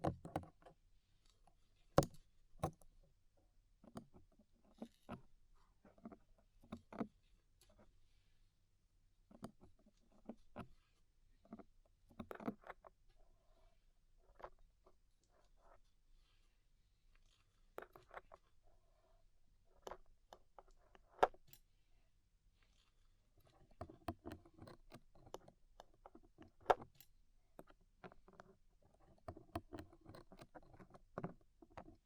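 Ear cleaning sounds: sharp clicks and scrapes come in uneven bursts, with sudden bright taps cutting through near 2, 21 and 27 seconds. Softer crinkly rubbing fills the gaps, growing denser and busier after about 23 seconds, over a faint low hum.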